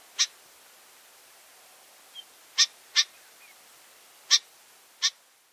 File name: Familiar chat